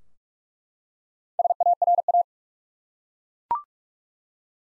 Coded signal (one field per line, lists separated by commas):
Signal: Morse code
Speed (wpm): 42 wpm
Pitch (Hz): 700 Hz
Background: none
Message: SARA